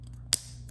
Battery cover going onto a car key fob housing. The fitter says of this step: snaps back in place